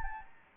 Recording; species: mosquito wingbeat signal from an infrared sensor; Anopheles gambiae